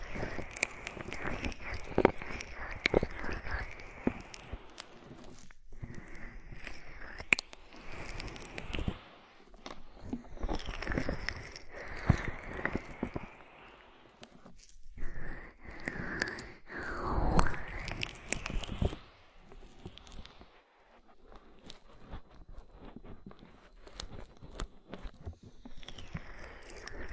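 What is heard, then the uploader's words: A body oil massage, with wet, squelchy rubbing and slick gliding sounds that come in irregular bursts. Several strokes swoop up and down in pitch, strongest around the middle and near the end. Short quiet pauses fall between the flurries of fizzy texture. Body oil massage and bubble bath.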